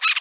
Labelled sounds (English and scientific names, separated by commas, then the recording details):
Brown-throated Parakeet (Eupsittula pertinax) contact call
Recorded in Aruba